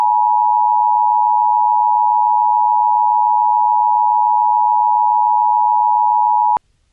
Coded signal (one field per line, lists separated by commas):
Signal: Emergency Alert System (SAME) tones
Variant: 853 and 960 Hz attention tone